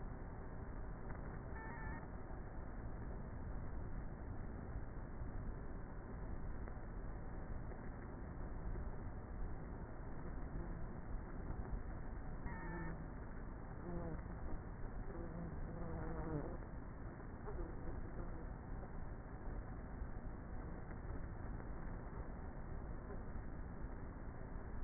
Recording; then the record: honeybee colony, microphone inside the hive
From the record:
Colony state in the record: queenless with a low population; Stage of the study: before two queens were removed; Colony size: about 30,000 bees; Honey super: no